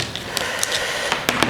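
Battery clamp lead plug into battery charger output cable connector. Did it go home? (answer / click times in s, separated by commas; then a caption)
yes / 1.3 s. A battery clamp lead's plastic plug is pushed into the matching socket on the output cable of a Bosch C7 battery charger. Several small sharp ticks sound along the way, around 0.2, 0.4, 0.6, 1.1 and 1.4 seconds. The loudest snap, at 1.3 seconds, is where the connector seats in place.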